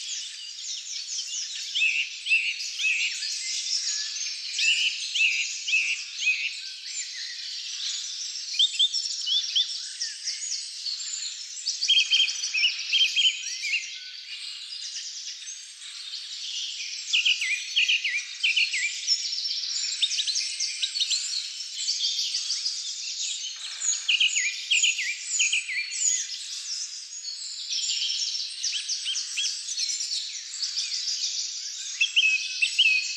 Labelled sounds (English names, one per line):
Song Thrush song